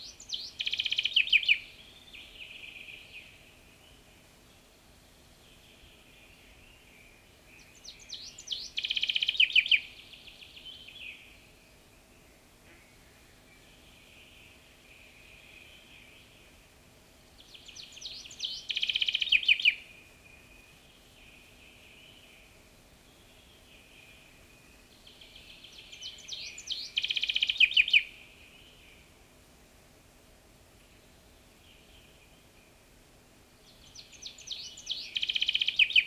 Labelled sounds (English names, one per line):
Common Chaffinch song